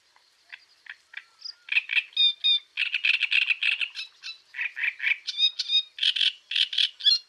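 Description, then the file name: Great reed warbler song: loud, harsh, croaking and grating phrases, repeated in rapid bursts with a few squeaky higher notes, running almost continuously. "Rousserolle turdoide"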